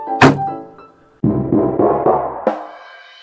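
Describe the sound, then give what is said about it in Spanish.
A girl slams her room door shut with one heavy, sharp thud that rings briefly and fades. After a short pause, loud music from a Mary Poppins record starts up and keeps playing. “pegó un portazo y se encerró a escuchar su disco de Mary Poppins.”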